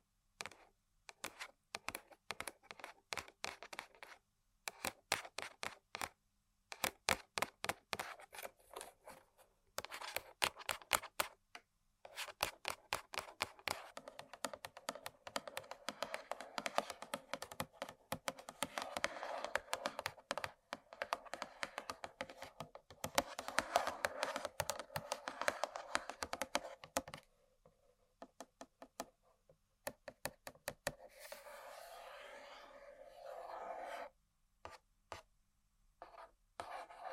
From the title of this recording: ASMR Tapping & Scratching On Random Objects